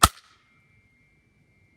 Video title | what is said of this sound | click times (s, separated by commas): BMD East Product Video - Benefits of Duralife | you'll notice that snap as it goes in that's letting you know it's giving you an audible cue that board is locked into place | 0.0 s